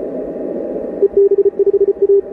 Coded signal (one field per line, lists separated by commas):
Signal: Morse code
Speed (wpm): 34 wpm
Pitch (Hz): 400 Hz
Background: none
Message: EB5A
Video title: ICOM 7610 Morse code